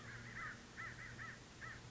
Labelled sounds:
American Crow (Corvus brachyrhynchos)
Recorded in Sonoma County, California

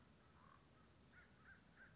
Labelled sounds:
American Crow (Corvus brachyrhynchos)
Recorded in Sonoma County, California

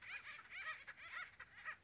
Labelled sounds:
Acorn Woodpecker (Melanerpes formicivorus)
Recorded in Sonoma County, California

